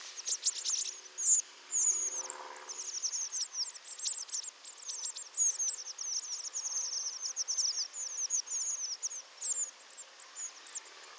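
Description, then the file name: Eurasian blue tit giving fast, high-pitched chittering notes, short and slightly falling, run together almost continuously, with a soft low rustle early on. "Cyanistes caeruleus"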